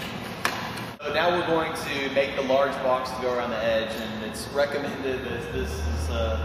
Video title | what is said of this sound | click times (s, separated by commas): booth building | and that clicks in the | 0.5 s